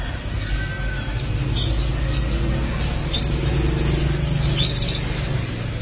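Canary song: a few sharp high chirps, then a long, steady high whistle, heard over a constant low hum.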